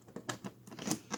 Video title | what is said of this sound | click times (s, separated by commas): Adventures in Model Railroading Episode 12 | slide it in, it snaps right in. | 0.3 s